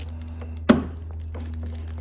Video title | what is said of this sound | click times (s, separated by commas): 2003 mustang headlight replacement | There you go. You get a little click out of it. | 0.7 s